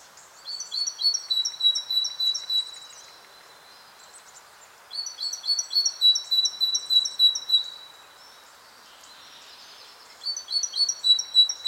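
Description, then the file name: Great tit singing three bursts of fast, repeated high two-note phrases, with short pauses between bursts. "Parus major"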